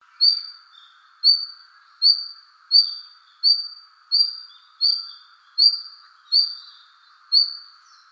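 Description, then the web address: Red-flanked bluetail giving short high whistled calls, repeated about every three-quarters of a second, ten in all, over a steady background hum. Recorded on 22 November 2014. "birdenaga ruribitaki"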